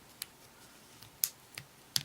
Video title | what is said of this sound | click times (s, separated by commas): Toy Spot - Mattel DC Comics Multiverse Batman Arkham City Mr. Freeze | It snaps into place. | 1.2 s, 2.0 s